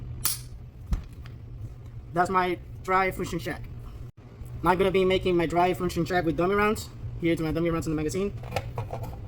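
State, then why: Not seated. A magazine loaded with dummy rounds is handled at a pistol's magazine well in the pistol grip during a dry function check, while someone talks over a steady low hum. Brief handling taps come at about 0.3, 0.9, 1.3, 8.8 and 8.9 seconds. Nothing has seated or clicked yet when the clip ends.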